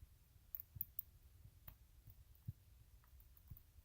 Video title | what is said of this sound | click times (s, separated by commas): Rainbow illuminate e2 black 1 yr | it's stuck yeah so now I can't even get mine to to lock into place that's not on that | none